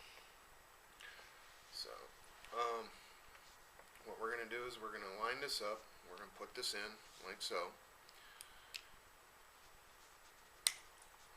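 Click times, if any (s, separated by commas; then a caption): 10.7 s. Someone talks while lining up a keyed bearing or damper insert with the oval key inside a plastic Chaos 700 RC helicopter head and pushing it in. A sharp, loud click at 10.7 s marks the insert snapping into place, seated.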